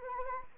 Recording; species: mosquito wingbeat signal from an infrared sensor; Anopheles arabiensis